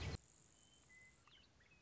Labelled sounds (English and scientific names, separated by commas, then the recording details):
Western Meadowlark (Sturnella neglecta)
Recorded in Sonoma County, California